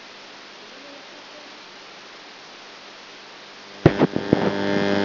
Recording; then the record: brain microelectrode recording played as sound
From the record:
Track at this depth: outside the subthalamic nucleus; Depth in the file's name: 0.006 mm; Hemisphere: left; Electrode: 3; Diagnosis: Parkinson's disease